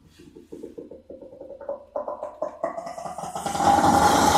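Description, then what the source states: Brown hyena vocalization, a rapid series of pulsed grunting notes rising in pitch and loudness, ending in a harsh noisy burst. Sound differs from the laughing usually associated with hyenas.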